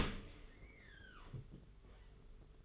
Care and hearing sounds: daily activity, microphone in the room; open dishwasher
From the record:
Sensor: 4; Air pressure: 992.2 hPa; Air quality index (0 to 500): 109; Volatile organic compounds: 18 ppm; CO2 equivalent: 2611 ppm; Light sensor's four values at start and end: 23/78/28/30 and 23/78/28/30

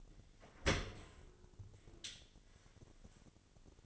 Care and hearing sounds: daily activity, microphone in the room; open dishwasher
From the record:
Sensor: 4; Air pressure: 1007.5 hPa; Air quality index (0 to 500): 197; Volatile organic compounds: 7 ppm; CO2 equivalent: 1964 ppm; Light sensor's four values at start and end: 22/70/27/26 and 22/70/27/26

